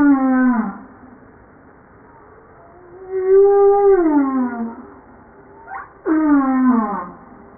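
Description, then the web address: Humpback whale song of drawn-out harmonic moans, held level then falling, followed by a quick upward sweep and another descending moan. Recorded 5 March 1994. "humpback-01 940305"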